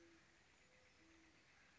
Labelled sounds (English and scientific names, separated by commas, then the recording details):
Great Horned Owl (Bubo virginianus)
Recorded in Sonoma County, California